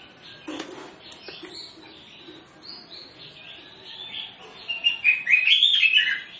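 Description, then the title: Orange-headed Thrush singing softly at first, a thin wavering warble that swells into a louder, busy twittering phrase near the end. Lure recording played to prompt birds of the species to sing in full. "Masteran Anis Kembang Full Isian Untuk Suara Pancingan Anis Kembang Agar Cepat Ngeplong"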